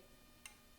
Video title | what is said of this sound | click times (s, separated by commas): MREX15 Install for FN SCAR 15P | Hear the click. | 0.5 s